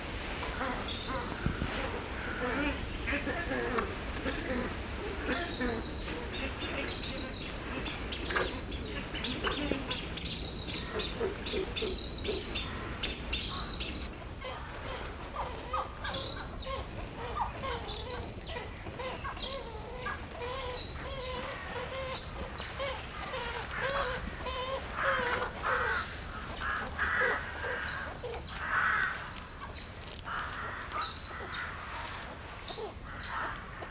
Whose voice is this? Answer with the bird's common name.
Western Swamphen